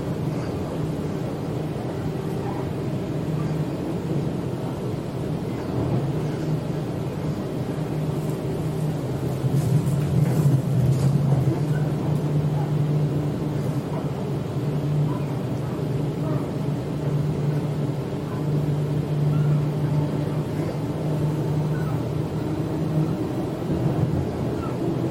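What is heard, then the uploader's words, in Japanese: A Sydney train rolls toward the city, its low, steady rumble filling the whole recording. Around ten seconds the sound grows louder and rougher, with a sustained low drone and scattered clicks and rattles, then settles into an even hum until the end. Go to City by Sydney Train 電車でシドニー市内に向かう。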